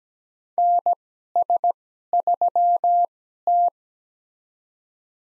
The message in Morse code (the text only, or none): NS3T